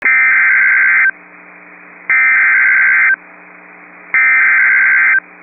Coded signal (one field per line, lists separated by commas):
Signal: Emergency Alert System (SAME) tones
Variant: header bursts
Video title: Severe Thunderstorm Warning (Sheridan and Burleigh Counties, ND) (8/28/24) [EAS #28]